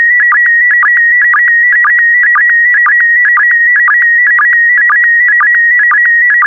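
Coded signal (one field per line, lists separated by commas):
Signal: SSTV (slow-scan television)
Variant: PD120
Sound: steady high warbling tone with brief low chirps about twice per second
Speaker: the next image transmission will start in 10 seconds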